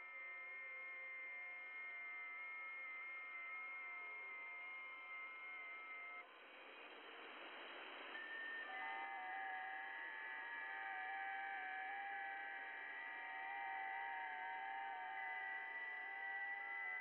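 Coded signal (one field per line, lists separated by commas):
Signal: FT8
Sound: many soft overlapping warbling tones, a hissy pause, then another set of tones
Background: radio static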